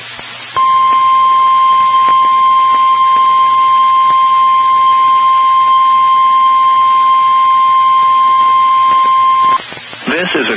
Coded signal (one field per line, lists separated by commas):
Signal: Emergency Alert System (SAME) tones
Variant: 1050 Hz attention tone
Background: speech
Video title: HELLO EVERYONE EAS Tests From 8/4/21 (EAS #780-787)